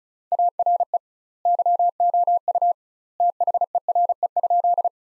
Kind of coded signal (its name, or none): Morse code